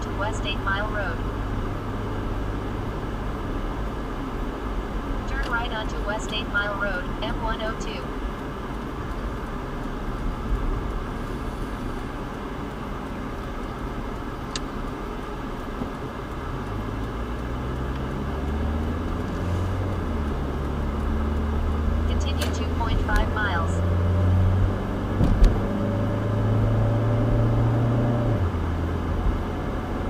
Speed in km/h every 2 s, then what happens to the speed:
63, 64, 60, 44, 34, 23, 15, 6, 15, 24, 35, 44, 52, 61, 66.
0-13 brakes to 6. 15-30 speeds up to 66.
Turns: 14-21.